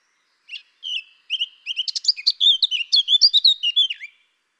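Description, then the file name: Eurasian blackcap singing a single warbling phrase, starting with a few scratchy notes and building into a fast, loud jumble of varied chirps and whistles before stopping. "Sylvia atricapilla"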